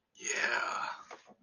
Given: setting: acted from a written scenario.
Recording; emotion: vocal sound without words; elation